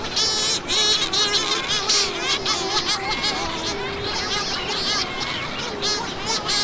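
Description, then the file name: Cory's shearwater calls: raucous, nasal wailing cries with rough, wavering tones, overlapping and continuous throughout. Calls given in flight. "Cantos Cagarro Voo"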